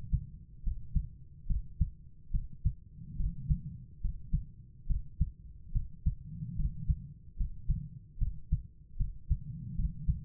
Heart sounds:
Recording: heart sounds by stethoscope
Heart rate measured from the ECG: 72 bpm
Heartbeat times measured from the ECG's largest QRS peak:
0.62 s: heartbeat
1.46 s: heartbeat
2.30 s: heartbeat
3.16 s: heartbeat
4.00 s: heartbeat
4.86 s: heartbeat
5.71 s: heartbeat
6.55 s: heartbeat
7.36 s: heartbeat
8.17 s: heartbeat
8.96 s: heartbeat
9.75 s: heartbeat
From the record:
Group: healthy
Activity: rest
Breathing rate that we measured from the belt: 18 breaths a minute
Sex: female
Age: 32 years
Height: 172 cm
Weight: 71.7 kg

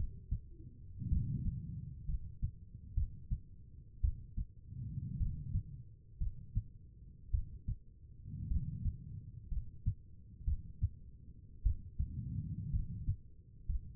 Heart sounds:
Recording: heart sounds by stethoscope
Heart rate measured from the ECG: 57 bpm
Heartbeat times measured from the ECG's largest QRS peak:
1.09 s: heartbeat
2.06 s: heartbeat
2.95 s: heartbeat
4.01 s: heartbeat
5.18 s: heartbeat
6.18 s: heartbeat
7.31 s: heartbeat
8.48 s: heartbeat
9.49 s: heartbeat
10.45 s: heartbeat
11.63 s: heartbeat
12.71 s: heartbeat
13.67 s: heartbeat
From the record:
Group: healthy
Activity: rest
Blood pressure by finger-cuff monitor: 93/61 mmHg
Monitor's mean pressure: 71 mmHg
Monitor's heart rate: 56 bpm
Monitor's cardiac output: 4.4 L/min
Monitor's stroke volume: 77 mL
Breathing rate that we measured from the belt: 16 breaths a minute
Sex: female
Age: 36 years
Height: 163 cm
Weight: 88 kg

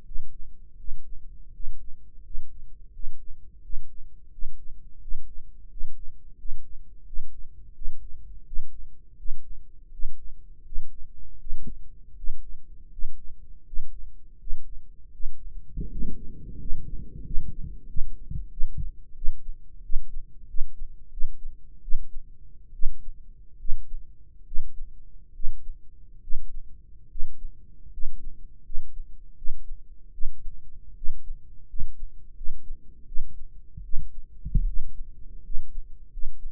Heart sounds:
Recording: heart sounds by microphone in the right ear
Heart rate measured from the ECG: 81 bpm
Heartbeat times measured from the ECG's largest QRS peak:
0.01 s: heartbeat
0.74 s: heartbeat
1.50 s: heartbeat
2.20 s: heartbeat
2.90 s: heartbeat
3.60 s: heartbeat
4.28 s: heartbeat
4.98 s: heartbeat
5.67 s: heartbeat
6.35 s: heartbeat
7.03 s: heartbeat
7.72 s: heartbeat
8.43 s: heartbeat
9.15 s: heartbeat
9.90 s: heartbeat
10.63 s: heartbeat
11.37 s: heartbeat
12.14 s: heartbeat
12.89 s: heartbeat
13.64 s: heartbeat
14.37 s: heartbeat
15.10 s: heartbeat
15.88 s: heartbeat
16.58 s: heartbeat
17.23 s: heartbeat
17.86 s: heartbeat
18.49 s: heartbeat
19.14 s: heartbeat
19.82 s: heartbeat
20.46 s: heartbeat
21.10 s: heartbeat
21.81 s: heartbeat
22.72 s: heartbeat
23.58 s: heartbeat
24.44 s: heartbeat
25.32 s: heartbeat
26.20 s: heartbeat
27.08 s: heartbeat
27.90 s: heartbeat
28.62 s: heartbeat
29.35 s: heartbeat
30.11 s: heartbeat
30.94 s: heartbeat
31.66 s: heartbeat
32.34 s: heartbeat
33.05 s: heartbeat
33.82 s: heartbeat
34.65 s: heartbeat
35.42 s: heartbeat
36.09 s: heartbeat
From the record:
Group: healthy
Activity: breath hold 0-14 s, rest 14-37 s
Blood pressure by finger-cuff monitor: 131/78 mmHg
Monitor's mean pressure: 93 mmHg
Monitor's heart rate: 83 bpm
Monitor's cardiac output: 6.4 L/min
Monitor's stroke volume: 78 mL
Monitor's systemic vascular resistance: 1040 dyn s/cm5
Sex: male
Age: 21 years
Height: 180 cm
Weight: 67.5 kg

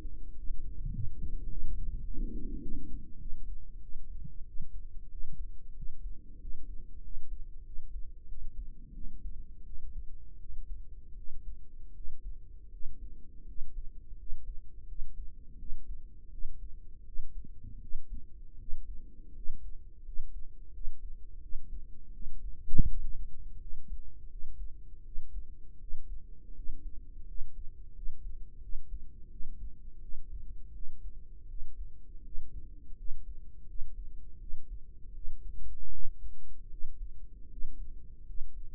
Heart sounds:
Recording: heart sounds by microphone in the right ear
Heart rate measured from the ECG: 86 bpm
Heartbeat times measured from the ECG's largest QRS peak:
0.35 s: heartbeat
0.92 s: heartbeat
1.49 s: heartbeat
2.04 s: heartbeat
2.60 s: heartbeat
3.19 s: heartbeat
3.80 s: heartbeat
4.45 s: heartbeat
5.09 s: heartbeat
5.75 s: heartbeat
6.39 s: heartbeat
7.02 s: heartbeat
7.64 s: heartbeat
8.27 s: heartbeat
8.93 s: heartbeat
9.65 s: heartbeat
10.39 s: heartbeat
11.15 s: heartbeat
11.93 s: heartbeat
12.71 s: heartbeat
13.46 s: heartbeat
14.17 s: heartbeat
14.86 s: heartbeat
15.57 s: heartbeat
16.30 s: heartbeat
17.04 s: heartbeat
17.79 s: heartbeat
18.57 s: heartbeat
19.33 s: heartbeat
20.03 s: heartbeat
20.71 s: heartbeat
21.40 s: heartbeat
22.11 s: heartbeat
22.86 s: heartbeat
23.58 s: heartbeat
24.28 s: heartbeat
25.03 s: heartbeat
25.78 s: heartbeat
26.53 s: heartbeat
27.25 s: heartbeat
27.93 s: heartbeat
28.59 s: heartbeat
29.28 s: heartbeat
29.99 s: heartbeat
30.72 s: heartbeat
31.46 s: heartbeat
32.22 s: heartbeat
32.95 s: heartbeat
33.65 s: heartbeat
34.38 s: heartbeat
35.12 s: heartbeat
35.89 s: heartbeat
36.68 s: heartbeat
37.48 s: heartbeat
38.24 s: heartbeat
From the record:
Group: healthy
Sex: female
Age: 32 years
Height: 168 cm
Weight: 61.9 kg

